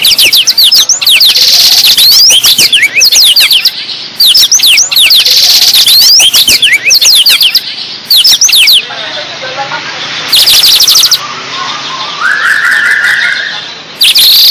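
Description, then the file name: Blackthroat song, a loud run of high, sharply slurred notes and trills in bursts separated by short pauses, with a lower rising phrase near the end. Lively, energetic singing (gacor). "burung blackthroat gacor"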